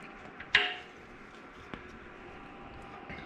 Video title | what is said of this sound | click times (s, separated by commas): NB2 Miata Final Engine Assembly and Drop In | Hear that little click. | 0.5 s